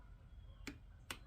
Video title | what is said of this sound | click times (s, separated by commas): A Detailed waverunner XL800 GP800 TOP END BUILD | It's a little quieter on this one. You hear that? | 1.1 s